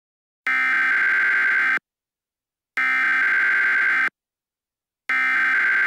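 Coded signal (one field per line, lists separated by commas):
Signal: Emergency Alert System (SAME) tones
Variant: header bursts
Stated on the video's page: Simulated EAS scenario.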